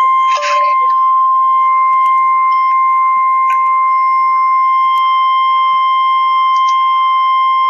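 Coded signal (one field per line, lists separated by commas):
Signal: Emergency Alert System (SAME) tones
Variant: 1050 Hz attention tone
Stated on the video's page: Real Severe Thunderstorm Warning EAS alert.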